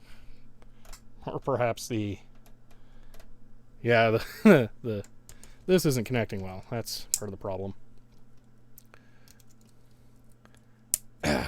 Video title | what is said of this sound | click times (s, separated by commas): Live: Serial Terminal Kit Mod Into Portable TV | damn we there we go I didn't have it clicked in place that's better | 10.9 s